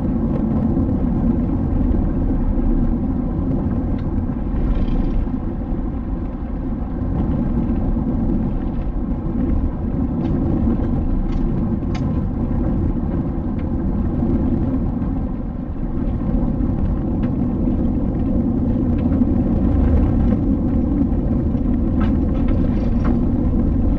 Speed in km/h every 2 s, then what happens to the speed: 86, 87, 86, 85, 84, 84, 84, 81, 79, 76, 75, 71.
0-12 steady at about 85. 12-24 slows to 71.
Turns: none.